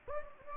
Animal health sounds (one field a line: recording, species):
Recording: mosquito wingbeat signal from an infrared sensor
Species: Anopheles gambiae